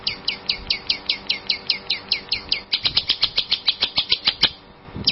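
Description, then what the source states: Long-tailed shrike song of sharp downslurred notes repeated steadily, speeding into a denser chatter before breaking off. Champion-grade songbird.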